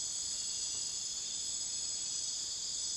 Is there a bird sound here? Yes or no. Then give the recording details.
no. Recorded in dense forest near Puerto Asís, Putumayo, Colombia, on 29 June 2025 at 02:00. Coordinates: 0.484, -76.325. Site H65